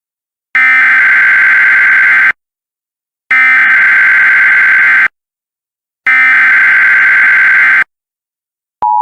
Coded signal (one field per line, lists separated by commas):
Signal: Emergency Alert System (SAME) tones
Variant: header bursts